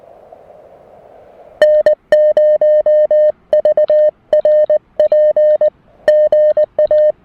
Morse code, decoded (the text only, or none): N0VRP GA